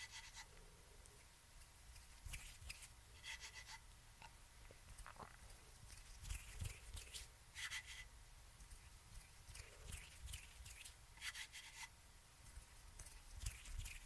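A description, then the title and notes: Dry rubbing and scraping of hands handling scissors, with short bright rasping bursts arriving every second or two throughout. A low, steady rumble sits underneath, and the handling sounds stay irregular without any clear rhythm. HAND MOVEMENTS, SCISSORS. ASMR NO TALKING.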